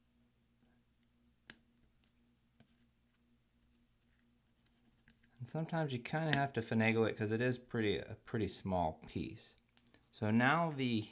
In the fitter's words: on it until you hear it uh click in